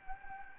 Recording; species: mosquito wingbeat signal from an infrared sensor; Anopheles gambiae